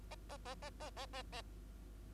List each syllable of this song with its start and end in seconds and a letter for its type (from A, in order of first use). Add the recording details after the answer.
0.11-0.15 A, 0.29-0.37 A, 0.45-0.55 A, 0.62-0.70 A, 0.80-0.90 A, 0.96-1.06 A, 1.13-1.23 A, 1.32-1.42 A. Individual Bird2